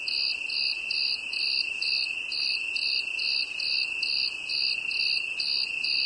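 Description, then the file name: Cricket giving steady, quick chirps above a continuous high trill, the rhythm holding even for the whole stretch. "grillon"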